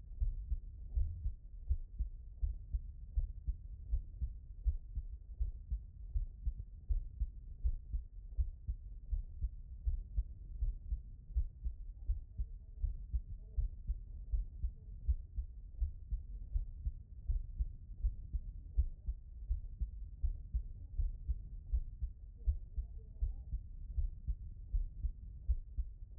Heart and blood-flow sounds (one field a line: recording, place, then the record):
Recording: heart sounds by stethoscope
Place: pulmonary valve (PV)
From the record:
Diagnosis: non-HFrEF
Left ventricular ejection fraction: 74%